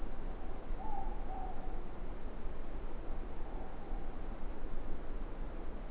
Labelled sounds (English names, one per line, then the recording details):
Morepork more-pork call
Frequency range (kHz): Morepork 0.6-1.0 kHz
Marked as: faintness 3/5, faintness 5/5
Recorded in New Zealand
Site Eglinton